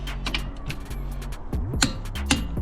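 A wheel nut on a wheel spacer stud of a Mercedes A45s AMG is torque-checked with a torque wrench, working in a cross pattern. Softer ticks and rattles come first, then two sharp clicks sound at 1.8 s and 2.3 s as the wrench reaches its setting, confirming the nut is torqued.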